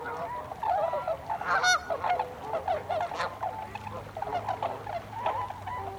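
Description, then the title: Tundra swans giving scattered honking hoots over a faint low rumble, calls coming in bursts with short gaps. Several tundra swans, recorded on 26 December 2020. "2020-12-26-Tundra-Swans"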